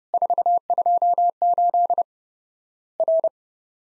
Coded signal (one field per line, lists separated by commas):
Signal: Morse code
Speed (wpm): 30 wpm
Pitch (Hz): 700 Hz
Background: none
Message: 428 R